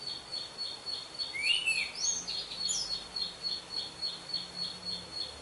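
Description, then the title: Orange-headed thrush giving a short phrase of high slurred whistles over a steady, rapidly pulsing background sound. "Anis Merah"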